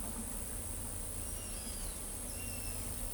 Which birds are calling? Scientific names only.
none